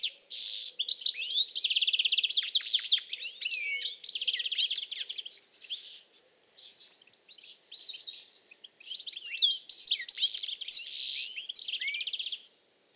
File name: Carduelis carduelis